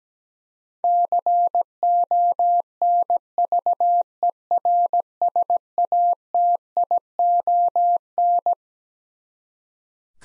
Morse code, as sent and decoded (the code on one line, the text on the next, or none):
-.-. --- -. ...- . .-. ... .- - .. --- -.
CONVERSATION